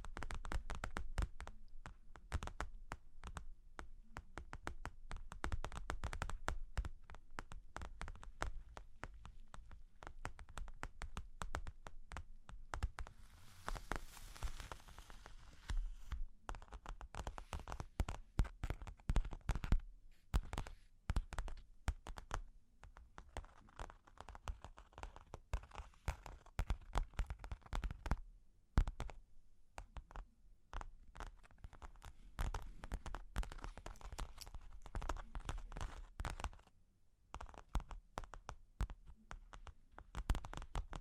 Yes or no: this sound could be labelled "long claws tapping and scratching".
yes